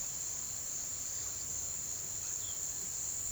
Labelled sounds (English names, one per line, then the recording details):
none
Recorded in pastures near Puerto Asís, Putumayo, Colombia, on 21 March 2025 at 17:00
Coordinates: 0.487, -76.322
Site G077